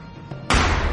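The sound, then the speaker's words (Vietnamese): After a half second of low, murky rumble, a sudden loud explosion erupts, a wide blast of noise with deep booming weight that keeps roaring steadily rather than dying away. “một tiếng nổ lớn vọng lại, làm cho tất cả chúng tôi ai nấy đều chao đảo vì áp lực của nó.”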